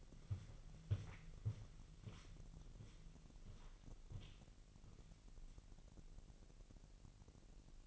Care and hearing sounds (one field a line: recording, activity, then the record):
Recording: daily activity, microphone in the room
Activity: walk to room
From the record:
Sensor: 4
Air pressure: 1002.8 hPa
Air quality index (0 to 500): 248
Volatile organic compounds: 11 ppm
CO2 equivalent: 2279 ppm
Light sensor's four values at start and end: 10/22/9/9 and 10/23/9/9